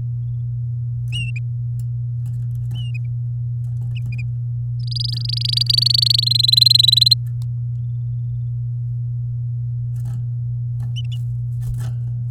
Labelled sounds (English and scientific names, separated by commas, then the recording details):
Domestic Canary (Serinus canaria) song
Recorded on 8 May 2018 at 07:48
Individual llb16